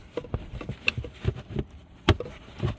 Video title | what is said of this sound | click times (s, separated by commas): Cabin Air Filter On Tesla Model 3 Replacement | you can hear it clicking | 0.9 s, 2.1 s